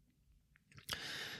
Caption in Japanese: Covid 19 test Positive コロナ陽性になり、自己隔離をしている間の症状などを音声で残しました。 今回は自己隔離2日目(2022年7月20日)の収録です。 途中、咳をしたり辛そうな声なので。